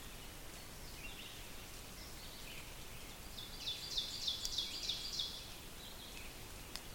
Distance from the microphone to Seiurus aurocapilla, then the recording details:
about 90 m. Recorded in boreal forest in Alberta, Canada, on 5 June 2016 at 06:22. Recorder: SongMeter 3, array SBT-3-51. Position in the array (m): 214 m, 19 m. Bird 27